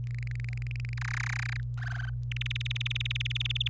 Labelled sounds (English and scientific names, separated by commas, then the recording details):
Domestic Canary (Serinus canaria) song
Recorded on 26 April 2018 at 05:59
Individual llb3